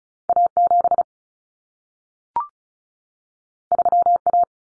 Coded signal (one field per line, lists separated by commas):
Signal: Morse code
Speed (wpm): 36 wpm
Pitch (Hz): 700 Hz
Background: none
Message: A7 3A